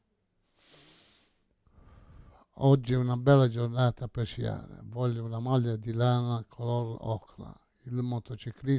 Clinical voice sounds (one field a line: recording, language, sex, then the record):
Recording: read phrases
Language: Italian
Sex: male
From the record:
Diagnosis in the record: Parkinson's disease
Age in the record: 68 years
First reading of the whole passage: 85 s, 6.1 characters per second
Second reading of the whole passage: 63 s, 8.2 characters per second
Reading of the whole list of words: 49 s, 5.8 characters per second